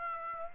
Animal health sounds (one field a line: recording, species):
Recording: mosquito wingbeat signal from an infrared sensor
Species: Aedes aegypti